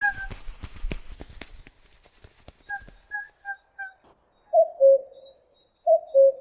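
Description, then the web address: Common cuckoo calling a falling two-note cu-coo twice near the end, after a burst of clattering noise and a series of short, higher repeated bird notes. "kuckuck"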